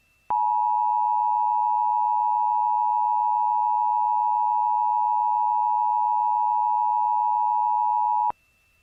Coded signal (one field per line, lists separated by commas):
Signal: Emergency Alert System (SAME) tones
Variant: 853 and 960 Hz attention tone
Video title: EAS - Burnt